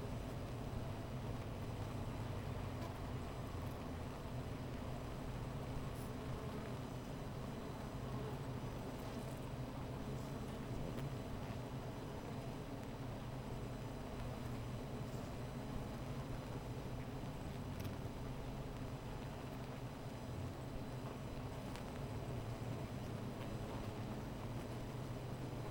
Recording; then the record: honeybee colony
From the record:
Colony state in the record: missing queen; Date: 14 July 2017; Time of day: 15:50